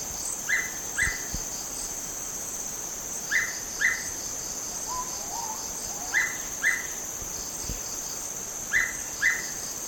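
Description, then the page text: Hooded pitta giving repeated double whistles, pairs roughly every three seconds, over a constant shrill insect drone, with a faint lower bird note midway. Recorded at Pinang Jatus, Gunung Lumut, Borneo, on 1 May 2007. "Sound of Hooded Pitta at Pinang Jatus, Gunung Lumut by BOORSMA, Tjalle"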